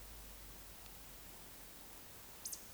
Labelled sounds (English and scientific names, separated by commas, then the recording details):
Eurasian Woodcock (Scolopax rusticola) whistle, Eurasian Woodcock (Scolopax rusticola) croak
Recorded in Baden-Württemberg, Germany, on 11 June 2021 at 20:25 UTC
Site 24606, 635 m above sea level